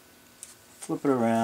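A plastic accent plate is pressed down over a centered speed feed lid for a Rotor, giving a single short click at 0.4 s as the plate seats in place. Someone then talks briefly.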